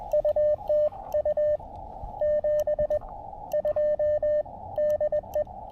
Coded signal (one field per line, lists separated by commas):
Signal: Morse code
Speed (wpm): 22 wpm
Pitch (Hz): 590 Hz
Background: radio noise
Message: UTU 72 DE